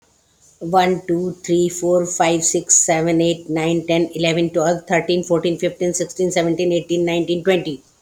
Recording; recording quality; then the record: counting at a fast pace; excellent, no background noise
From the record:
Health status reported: healthy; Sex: female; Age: 60 years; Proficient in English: yes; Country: India